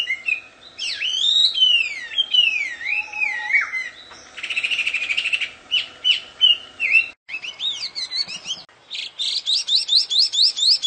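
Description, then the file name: Chinese hwamei song: loud, rich whistled phrases swooping up and down, with a buzzy stretch in the middle and fast repeated notes near the end. Wild bird, singing in its natural habitat. "audio kicauan burung hwamei di alam liar. omkicau"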